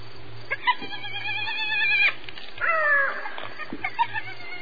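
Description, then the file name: Spotted hyena giving wavering, harmonic yelps and squeals, some sliding up and down in pitch, with a low background hum. "Crocuta crocuta"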